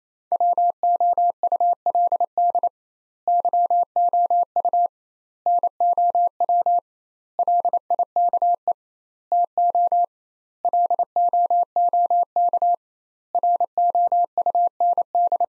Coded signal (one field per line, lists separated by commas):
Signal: Morse code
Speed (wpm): 28 wpm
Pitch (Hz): 700 Hz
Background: none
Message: WOULD YOU NOW LIKE TO LOOK ROUND